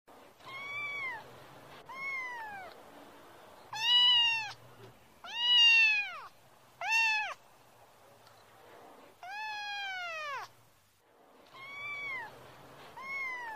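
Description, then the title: Cat giving about eight repeated meows, some short and some drawn out, each rising then falling in pitch, with brief quiet gaps between them. "고양이 울음 소리"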